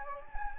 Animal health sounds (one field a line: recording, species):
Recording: mosquito wingbeat signal from an infrared sensor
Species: Anopheles gambiae